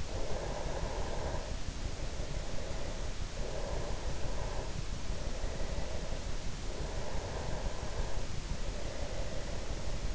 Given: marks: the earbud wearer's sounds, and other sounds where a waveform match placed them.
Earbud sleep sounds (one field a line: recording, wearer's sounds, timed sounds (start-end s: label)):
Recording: sounds in sleep by an in-ear microphone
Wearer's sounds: breath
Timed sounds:
0.00-3.26 s: breath
3.41-6.34 s: breath
6.52-10.15 s: breath